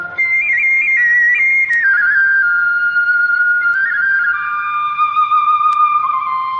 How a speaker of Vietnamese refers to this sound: Vừa đến chân núi là cô nghe tiếng sáo véo von.